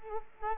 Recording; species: mosquito wingbeat signal from an infrared sensor; Culex quinquefasciatus